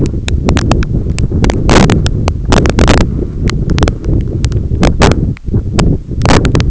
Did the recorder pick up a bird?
no